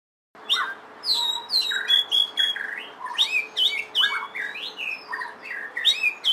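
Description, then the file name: Oriental magpie-robin song, a rich run of varied whistled notes, slurred phrases and sharp chirps at high pitch, rising and falling with brief gaps, plus a faint steady hum. Indonesian name kacer lutung cebu. "burung kacer lutung cebu. omkicau"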